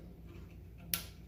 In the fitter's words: There it goes, yep. Okay, so we did get that connected.